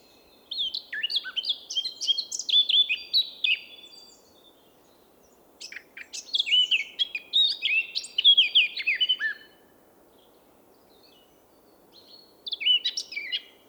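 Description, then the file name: Eurasian blackcap song: rapid warbling phrases of varied whistled and scratchy notes, two long ones separated by pauses, then the start of a third at the end. "Sylvia atricapilla"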